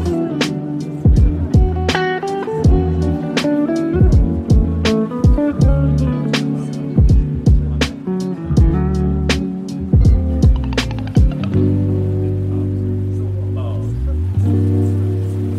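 Relaxed coffee shop music with steady low tones and regular tapping beats, the beats dropping out after eleven seconds, leaving soft sustained chords.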